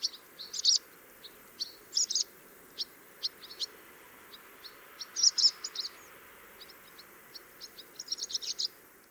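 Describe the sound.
Swallow chirps, thin high notes in loose groups and short rapid bursts, quieter overall, with a soft broad hiss and low hum underneath.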